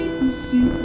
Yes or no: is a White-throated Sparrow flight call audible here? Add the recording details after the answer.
no. No flight call is heard. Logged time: 01:33 on 4 September 2014